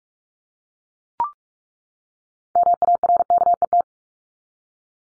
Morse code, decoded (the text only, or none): MARKET